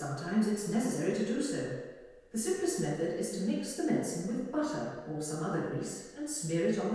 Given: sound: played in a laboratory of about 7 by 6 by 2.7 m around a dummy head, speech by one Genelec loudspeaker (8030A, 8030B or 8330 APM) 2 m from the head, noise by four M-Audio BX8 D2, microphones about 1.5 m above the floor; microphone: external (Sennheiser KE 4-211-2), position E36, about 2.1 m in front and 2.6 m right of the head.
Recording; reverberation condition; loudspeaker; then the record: female speech in English; high; 120 degrees to the left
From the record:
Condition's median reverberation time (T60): about 1300 ms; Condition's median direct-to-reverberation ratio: about -4.0 dB